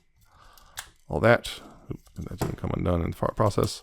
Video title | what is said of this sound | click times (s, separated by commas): Transformers Studio Series 86 Springer | click into place and they'll tab into each other like | 0.6 s, 0.8 s